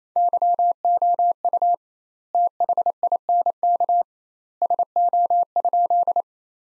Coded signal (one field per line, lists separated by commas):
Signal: Morse code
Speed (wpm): 28 wpm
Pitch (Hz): 700 Hz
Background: none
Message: YOU THINK SO?